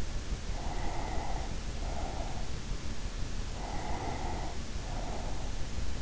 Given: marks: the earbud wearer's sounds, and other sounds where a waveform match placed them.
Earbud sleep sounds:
sounds in sleep by an in-ear microphone; breath
0.16-3.05 s: breath
3.39-5.93 s: breath

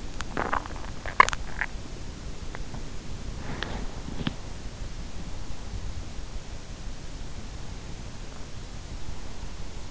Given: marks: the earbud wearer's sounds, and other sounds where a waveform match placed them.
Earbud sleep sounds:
sounds in sleep by an in-ear microphone; teeth grinding
0.00-2.05 s: teeth grinding
3.08-4.96 s: teeth grinding

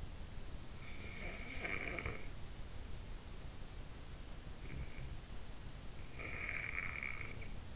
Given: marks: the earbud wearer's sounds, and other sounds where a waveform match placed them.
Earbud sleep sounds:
sounds in sleep by an in-ear microphone; snoring breath
0.28-3.19 s: snoring breath
5.48-7.76 s: snoring breath

